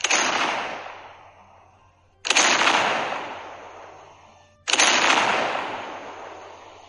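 cannon fire

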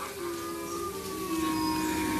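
wolf howling

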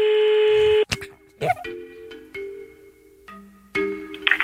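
telephone number being dialed

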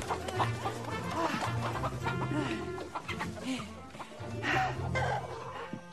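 chickens clucking

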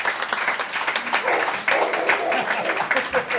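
audience applause

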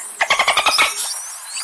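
dolphin vocalizations

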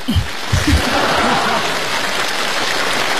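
audience applause

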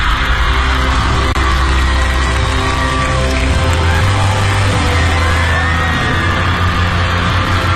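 audience applause and cheering

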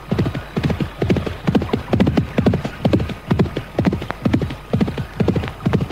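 horse hooves clip-clopping

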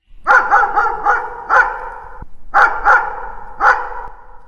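dog barking loudly

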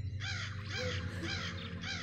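crows cawing

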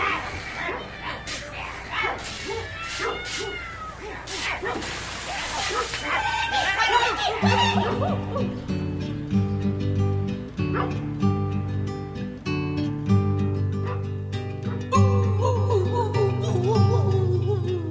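dog barking and whimpering

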